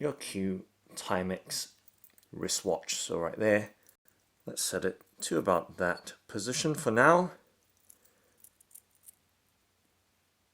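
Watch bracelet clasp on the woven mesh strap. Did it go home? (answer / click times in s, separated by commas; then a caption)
no / none. Someone talks while the clasp of a Q Timex wristwatch is slid along its woven steel mesh bracelet to the chosen position and pressed closed. Faint metal handling and jangling sounds follow from about 7.9 to 9.1 s. Nothing has seated or clicked yet.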